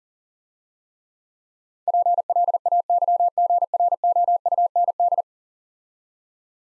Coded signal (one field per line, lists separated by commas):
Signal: Morse code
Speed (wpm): 38 wpm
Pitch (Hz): 700 Hz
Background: none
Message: PLAYGROUND